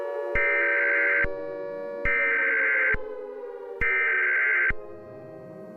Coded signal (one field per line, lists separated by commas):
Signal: Emergency Alert System (SAME) tones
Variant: header bursts